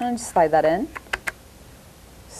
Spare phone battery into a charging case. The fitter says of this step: snaps right in